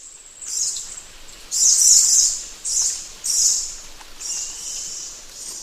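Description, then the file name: Lorikeet screeching: harsh, high, grating bursts in a quick irregular series, several loud screeches over a faint hiss. "Лори -Лорикет -Попугай -Голоса-птиц"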